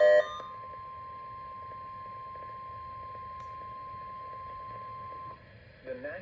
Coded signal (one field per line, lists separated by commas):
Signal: Emergency Alert System (SAME) tones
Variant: 1050 Hz attention tone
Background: speech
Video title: tornado watch number ￼2OO (eas #4)